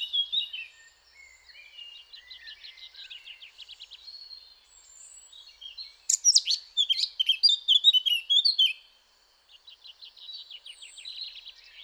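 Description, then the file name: Eurasian blackcap singing a long soft, scratchy chattering warble, breaking into a loud, rich run of fluty whistles and trills, then returning to quiet chatter. "Sylvia atricapilla"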